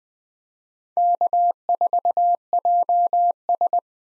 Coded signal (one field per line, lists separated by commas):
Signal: Morse code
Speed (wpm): 20 wpm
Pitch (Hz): 700 Hz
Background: none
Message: K4JS